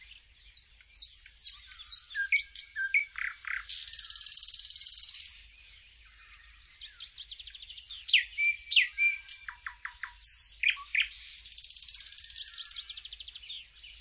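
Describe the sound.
Bird song mixing varied whistles, chirps and two long buzzy trills, with a short pause midway before the singer resumes.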